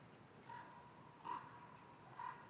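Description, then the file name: Common raven croaking three times, short hoarse calls spaced under a second apart, over a steady low background hiss. Recorded in Schorfheide on 13 November 2015. "Kolkrabe Schorfheide 151113"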